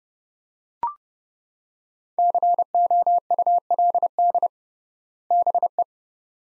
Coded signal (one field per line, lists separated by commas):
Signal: Morse code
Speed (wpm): 30 wpm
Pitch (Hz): 700 Hz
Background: none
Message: COULD BE